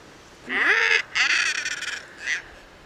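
Common guillemot calls: a harsh, rising, harmonic growl followed by a longer rasping note and a short final burst.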